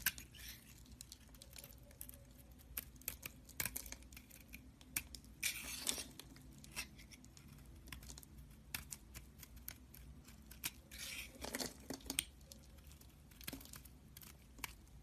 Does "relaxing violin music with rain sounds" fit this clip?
no